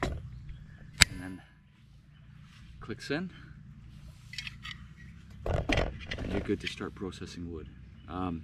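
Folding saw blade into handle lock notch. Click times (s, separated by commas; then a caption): 1.0 s. A folding saw's blade is swung out from the handle and drops into the handle's locking notch, clicking into place with a sharp, loud hit at 1.0 s, seating the blade. Someone talks before and after the click.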